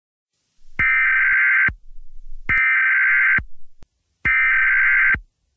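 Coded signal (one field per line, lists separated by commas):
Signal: Emergency Alert System (SAME) tones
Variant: header bursts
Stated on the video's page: Fictional EAS scenario about an asteroid impact.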